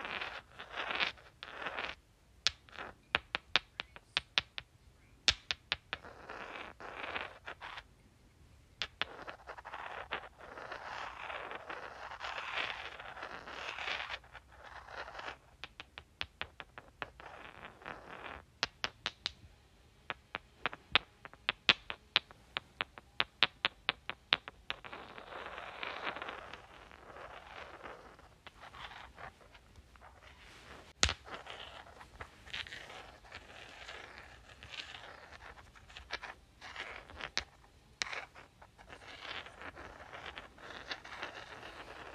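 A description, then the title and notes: Rocks click and rub against each other throughout. Sharp, bright clicks come in irregular clusters, sometimes rapid and sometimes spaced, over stretches of softer hissing scraping that swells and fades. A few louder knocks stand out, one near thirty seconds. Clicking and Rubbing Rocks.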